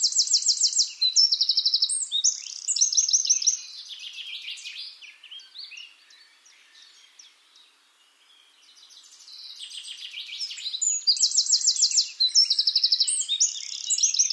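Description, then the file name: Eurasian wren song: two energetic bursts of high, rapid notes and machine-gun trills, separated by a quieter stretch of softer twittering. "Troglodytes troglodytes"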